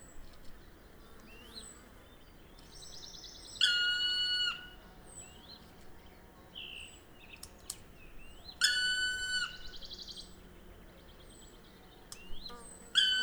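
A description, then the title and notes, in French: A black woodpecker gives loud, ringing, drawn-out calls, about a second long, near the four- and nine-second marks, with another starting at the very end. Between them, smaller birds chirp and twitter thinly in the background over a faint steady hiss. Piste aux espagnols - Nagra LB - Mkh 8020 - omni. L'appel d'un Pic noir (Dryocopus martius).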